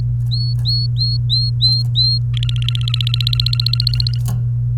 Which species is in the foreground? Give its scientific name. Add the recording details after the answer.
Serinus canaria. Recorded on 29 April 2018 at 15:44. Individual llb3